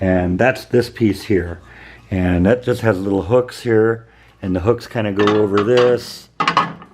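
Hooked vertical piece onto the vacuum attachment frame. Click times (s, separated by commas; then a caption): 6.4 s. Someone talks while fitting the vertical piece of a lawn mower yard-vacuum attachment, whose little hooks go over the mating part of the attachment frame. The speech gives way at 6.4 s to a cluster of sharp clicks as the hooked piece locks into place.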